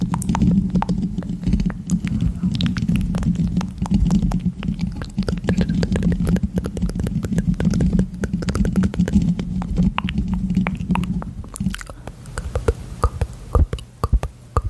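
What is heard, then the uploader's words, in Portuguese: Mouth sounds: wet clicks, smacks and chewing noises crowd together in quick, irregular bursts. A low, steady hum runs underneath until about eleven seconds, when it drops away and the clicks grow sparser and sharper. Um ASMR focando em sons de boca com a sensibilidade do microfone no máximo para promover relaxamento intenso e arrepios.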